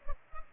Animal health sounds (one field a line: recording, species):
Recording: mosquito wingbeat signal from an infrared sensor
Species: Culex pipiens